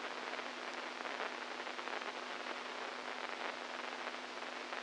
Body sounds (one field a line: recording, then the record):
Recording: brain microelectrode recording played as sound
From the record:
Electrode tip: inside the subthalamic nucleus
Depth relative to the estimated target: -4 mm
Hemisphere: right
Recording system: NeuroSet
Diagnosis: Parkinson's disease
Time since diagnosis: 10 years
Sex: male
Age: 65 years